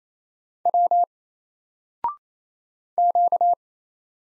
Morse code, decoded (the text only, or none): W Q